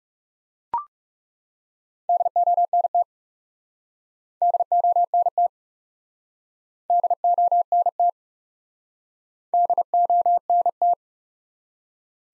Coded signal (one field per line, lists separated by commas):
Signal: Morse code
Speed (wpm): 37 wpm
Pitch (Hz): 700 Hz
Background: none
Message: DONT DONT DONT DONT